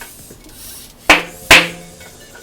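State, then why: Seated. A tubeless bicycle tire is inflated past 30 psi until its rubber bead jumps up over the bead seat and clicks into the ridges of the aluminium rim. Two sharp snaps ring out at 1.1 s and 1.5 s over a low, steady background hiss. The bead is seated in place on the rim.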